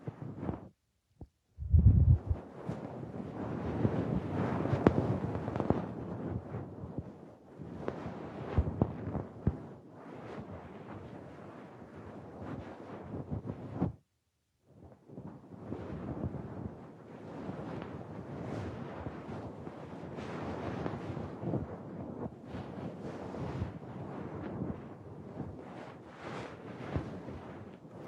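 Soft breathy blowing and fuzzy brushing of a feather in the ear, heard as dense rustling bursts. A brief pause and a dull thump come near the start, and another short silence falls at about fourteen seconds before the rustling resumes.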